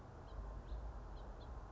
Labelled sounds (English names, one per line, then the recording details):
House Finch
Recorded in Sonoma County, California